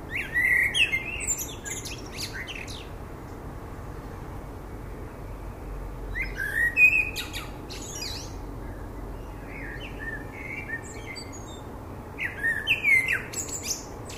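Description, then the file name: Common blackbird sings three separate phrases about six seconds apart, each a fluted warble ending in scratchy high twittering, with quiet gaps between. "Turdus merula"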